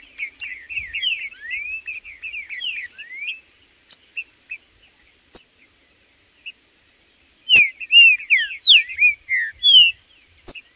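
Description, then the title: Green-winged saltator song: an opening stretch of slurred whistles over busy high twittering, a near-silent gap with odd clicks, then a loud burst of swooping whistled phrases. In the bush; trinca-ferro calling, singing and displaying (macheando) in a dispute with a free-living wild bird; birds named Blindado and Tufão. "Seu TRINCA Piando, Cantando E Macheando Na DISPUTA. Trinca Ferro no MATO Cantando e Macheando muito com Solto! Blindado e Tufão no mato"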